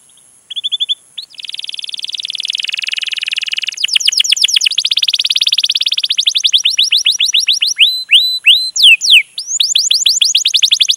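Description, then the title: Canary song of a long rolling buzzy trill moving into rapid repeated sweeping notes and downward chirp series, sustained throughout. Long, lively canary song used as a lure to prompt other canaries to sing. "PANCINGAN Kenari GACOR PANJANG. Pancingan Gacor Masteran"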